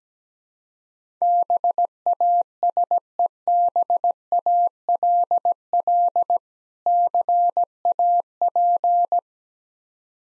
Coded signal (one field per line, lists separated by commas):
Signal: Morse code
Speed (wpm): 17 wpm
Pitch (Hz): 700 Hz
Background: none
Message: BASEBALL CAP